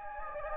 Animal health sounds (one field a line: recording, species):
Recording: mosquito wingbeat signal from an infrared sensor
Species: Anopheles gambiae